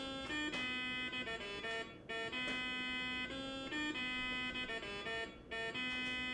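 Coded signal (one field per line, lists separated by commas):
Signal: none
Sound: game's musical theme notes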